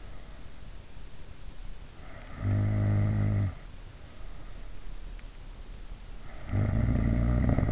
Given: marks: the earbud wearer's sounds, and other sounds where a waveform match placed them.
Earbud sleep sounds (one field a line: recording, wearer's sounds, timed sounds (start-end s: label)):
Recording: sounds in sleep by an in-ear microphone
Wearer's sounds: snoring breath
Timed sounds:
2.40-3.72 s: snoring breath
6.21-7.72 s: snoring breath